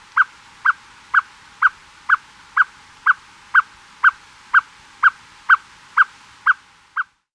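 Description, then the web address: Unicolored Tapaculo song: a steady series of fifteen short, mid-pitched notes, evenly repeated about twice per second, ending abruptly, over a quiet background. Recorded in Ecuador. "Natures Songs S America Birds of Ecuador Unicolored Tapaculo"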